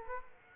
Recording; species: mosquito wingbeat signal from an infrared sensor; Aedes aegypti